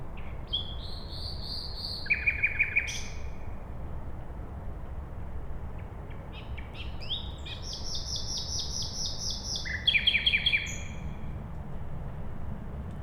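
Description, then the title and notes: Common nightingale song: two phrases, each a high trill followed by a run of four loud repeated notes, with clicks and rattles between over low steady noise. At night beside a road, Siemianowice Śląskie, Poland, 20 May 2019; Zoom H5 and Audio-Technica BP4025. "Bohaterów Westerplatte, 41-106 Siemianowice Śląskie, Polska - Nightingale. Poniedziałek, 20 maja 2019. Noc. Słowik przy drodze. Nagrania terenowe Siemianowic Śląskich - Dźwiękowy Portret Miasta"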